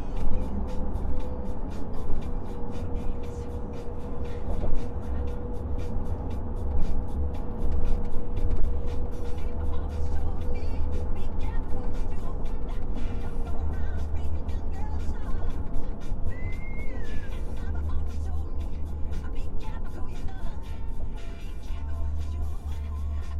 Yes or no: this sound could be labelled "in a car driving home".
yes